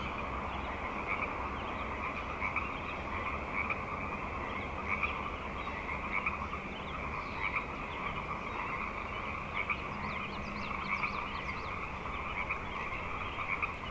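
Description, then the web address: Frogs croaking in a full continuous chorus, louder individual calls repeating throughout, with faint high chirps. Frog chorus on Grafton Lake, recorded 3 May 2009. "The Frog Chorus Tunes Up On Grafton Lake frogs edit 090503"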